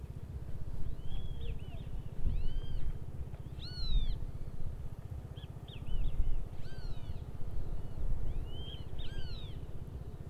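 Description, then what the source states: Yellow-chested birds calling: bright, arched chirping notes in short bursts every second or two, over a constant low rumble. A noisy species of yellow-chested birds recorded in St. George, Bermuda.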